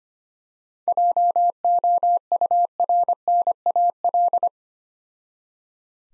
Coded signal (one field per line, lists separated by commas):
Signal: Morse code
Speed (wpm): 25 wpm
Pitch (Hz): 700 Hz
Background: none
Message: JOURNAL